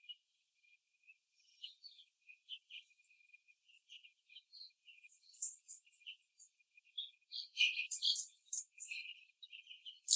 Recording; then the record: young laying hens in a cage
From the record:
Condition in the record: after the stressor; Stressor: simulated dog barking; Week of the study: 3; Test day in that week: 1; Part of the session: 3